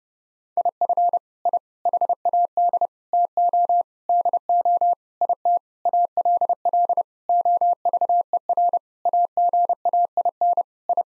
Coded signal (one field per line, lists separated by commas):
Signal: Morse code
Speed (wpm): 32 wpm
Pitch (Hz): 700 Hz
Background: none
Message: IF I HAD TO DO IT ALL OVER AGAIN I